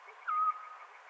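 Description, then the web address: Little owl giving a single short, clear, level note, steady in pitch, over a faint background hiss. "athene noctua call"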